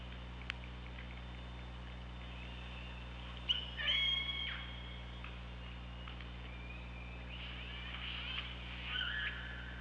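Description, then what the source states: Killer whale giving a squealing, wavering call near four seconds and another brief rising call near nine seconds, with a sharp click early and constant low droning hum. Recorded on the OrcaLab hydrophone, 24 August 2017 at 15:19.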